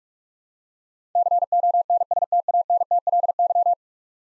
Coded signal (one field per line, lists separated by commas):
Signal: Morse code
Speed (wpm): 41 wpm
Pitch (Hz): 700 Hz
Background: none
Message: CONSTANTLY